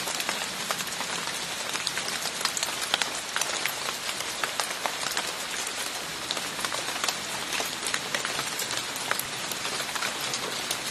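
Water drips from trees after rain, landing as crisp, bright taps on leaves and ground. The drops fall steadily for the whole stretch, several each second at an uneven rhythm, over a soft, even hiss with little low sound beneath.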